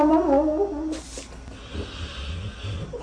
It's a dog snoring that sounds like Donald Duck.